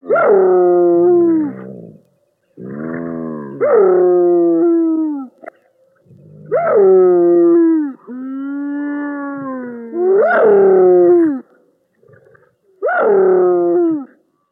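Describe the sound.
Hyena calls: tonal harmonic whoops, some sweeping sharply up then falling, others long wavering groans, given in repeated bouts with short silences between.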